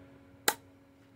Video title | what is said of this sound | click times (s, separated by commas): MacBook pro A1706 2016/2017 battery replacement | and then we hear the clip | 0.5 s